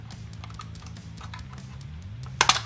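A small snap-in plastic trim panel on the back of the flip-up COMAND display housing of a Mercedes W204 C-Class is pried off with a hook tool set into an indent. Music plays in the background, with faint light ticks. A sharp, loud pop at 2.4 s marks the panel coming free, followed by a second crack just after.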